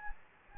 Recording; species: mosquito wingbeat signal from an infrared sensor; Anopheles gambiae